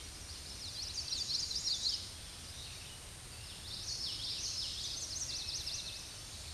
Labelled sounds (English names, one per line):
Common Yellowthroat song